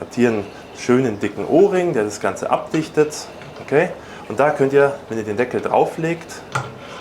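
Someone talks while handling the magnetic lid with its large sealing ring over the algae reactor housing, with light handling noises beneath the speech. The clip ends before the lid goes home; nothing has seated or clicked yet.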